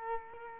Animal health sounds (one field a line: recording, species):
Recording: mosquito wingbeat signal from an infrared sensor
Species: Culex quinquefasciatus